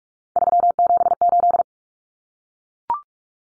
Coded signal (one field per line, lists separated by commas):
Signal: Morse code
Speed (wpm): 44 wpm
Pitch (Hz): 700 Hz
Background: none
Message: 378